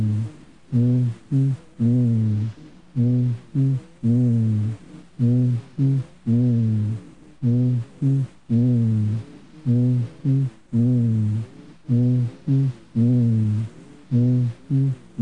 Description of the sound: Bronchophony, normal. Voice sounds auscultated over the chest wall are called bronchophony. In a healthy individual, bronchophony is similar to voice sounds heard through the neck.